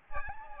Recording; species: mosquito wingbeat signal from an infrared sensor; Aedes albopictus